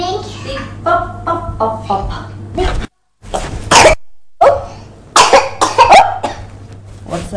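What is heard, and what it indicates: A young child makes a few short, light, small cough bursts, with adult and child talk around them indoors. The coughs sound dry, with no wheeze or harsh breath sounds between them.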